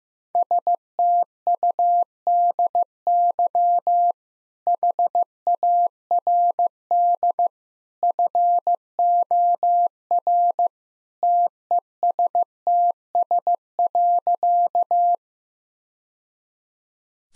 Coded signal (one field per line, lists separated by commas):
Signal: Morse code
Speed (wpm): 15 wpm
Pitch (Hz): 700 Hz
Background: none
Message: STUDY HARD FOR TESTS.